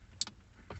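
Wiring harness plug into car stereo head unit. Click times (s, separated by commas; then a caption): 0.2 s. A wiring harness plug is pushed into the back of an aftermarket Eonon M3BLA13 head unit, resting on the dashboard, during installation into a 2010-2013 Mazda3. A sharp, bright click at 0.2 s is followed by a fainter tick at about 0.3 s and a duller, lower thump at about 0.7 s. The connector seats, clicking in at 0.2 s.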